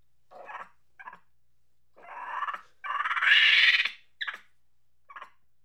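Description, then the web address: Monkey uttering short squeaks, then a growing harsh chatter rising into a loud screeching burst, followed by two brief clipped notes. Angry chatter. "Sony Creative Software Sony Pictures Sound Effects Series Volumes 1-10 Volume 1 Animals Monkey Angry Chatter"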